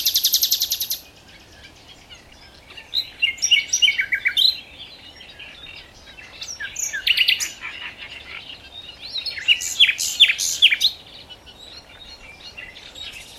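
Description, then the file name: Common nightingale singing in separate bursts of high chirps, whistles and quick trills, with pauses between phrases and a steady low hiss beneath. "Luscinia megarhynchos"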